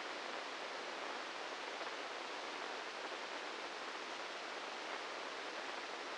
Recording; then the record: brain microelectrode recording played as sound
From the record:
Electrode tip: inside the subthalamic nucleus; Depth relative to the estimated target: -3 mm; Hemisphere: right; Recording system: NeuroSet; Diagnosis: Parkinson's disease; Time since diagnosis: 13 years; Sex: male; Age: 66 years